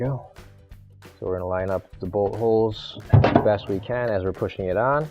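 A gear and pinion kit component (part 285362, AP3094405, PS334496) for a washer transmission is pushed onto its shaft while its bolt holes are lined up. Someone talks throughout, with a brief handling knock around 3.1 s. The clip ends before the part goes home, and nothing has seated yet.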